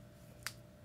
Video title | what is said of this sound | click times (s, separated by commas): Part I BEST Silver Grey/White TOPPERS between Brands: Godiva, Raquel Welch, Paula Young Jon Renau. | Very easy. I don't know if you could hear that snap. | 0.5 s